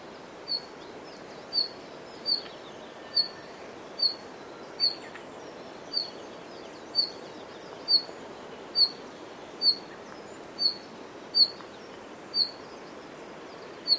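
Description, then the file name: Red-flanked bluetail repeating a thin, high note at a steady pace, against a hissing background. "ruribi"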